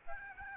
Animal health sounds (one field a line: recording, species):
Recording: mosquito wingbeat signal from an infrared sensor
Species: Aedes albopictus